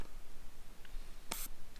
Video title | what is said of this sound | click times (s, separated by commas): How to Hand fit car tyres | going to put it on you'll feel it click in and then | 1.3 s